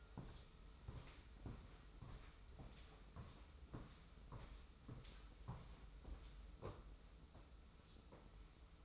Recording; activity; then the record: daily activity, microphone in the room; walk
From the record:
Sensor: 1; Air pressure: 994.4 hPa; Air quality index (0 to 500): 219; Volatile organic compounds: 1000 ppm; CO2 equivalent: 7831 ppm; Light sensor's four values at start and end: 80/171/79/81 and 84/185/83/85